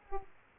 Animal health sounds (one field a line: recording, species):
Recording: mosquito wingbeat signal from an infrared sensor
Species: Aedes aegypti